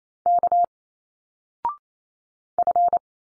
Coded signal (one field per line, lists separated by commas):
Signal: Morse code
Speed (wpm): 28 wpm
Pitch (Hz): 700 Hz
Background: none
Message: K F